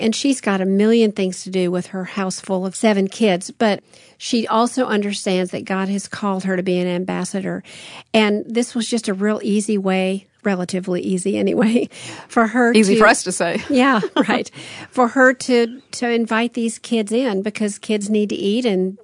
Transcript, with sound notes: She’s got a million things to do with her house full of seven kids, but she also understands that God has called her to be an ambassador, and this was just a real easy way, relatively easy, anyway, for her.
Easy for us to say. (laughter)
For her to invite these kids in, because kids need to eat.